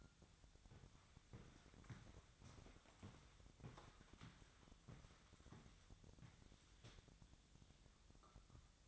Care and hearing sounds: daily activity, microphone in the room; walk to room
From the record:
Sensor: 3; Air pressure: 999.4 hPa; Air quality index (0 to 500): 196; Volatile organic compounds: 43 ppm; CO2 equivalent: 3192 ppm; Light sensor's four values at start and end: 8/20/8/8 and 8/19/8/7

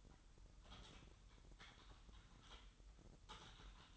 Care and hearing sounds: daily activity, microphone in the room; typing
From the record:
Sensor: 3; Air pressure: 988.8 hPa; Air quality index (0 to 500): 205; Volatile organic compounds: 442 ppm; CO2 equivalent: 4738 ppm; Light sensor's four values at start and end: 25/81/33/30 and 25/81/33/30

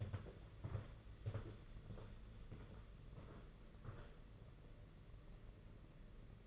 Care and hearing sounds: daily activity, microphone in the room; walk to room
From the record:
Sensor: 4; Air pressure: 992.8 hPa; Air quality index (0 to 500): 177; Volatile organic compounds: 357 ppm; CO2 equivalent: 4596 ppm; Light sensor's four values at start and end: 4/10/4/4 and 4/10/4/4

